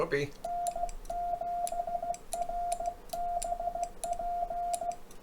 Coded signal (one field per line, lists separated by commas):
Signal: Morse code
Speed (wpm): 16 wpm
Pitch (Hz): 700 Hz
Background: speech, radio noise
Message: N7RBP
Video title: WHAT IS AMATEUR RADIO ALL ABOUT?